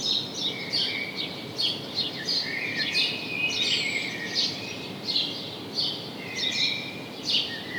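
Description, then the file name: House sparrow calls: short chirps repeated unevenly, some stretched into longer twittering notes, against constant background noise. "Passer domesticus"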